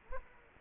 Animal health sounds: mosquito wingbeat signal from an infrared sensor; Culex quinquefasciatus

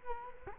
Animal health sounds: mosquito wingbeat signal from an infrared sensor; Culex quinquefasciatus

